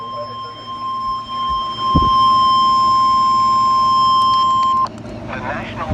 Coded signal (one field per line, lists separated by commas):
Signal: Emergency Alert System (SAME) tones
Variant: 1050 Hz attention tone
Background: speech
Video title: Severe thunderstorm watch from 7/18/22 EAS 13-16